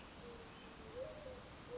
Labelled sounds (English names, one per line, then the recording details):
Western Flycatcher
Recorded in Sonoma County, California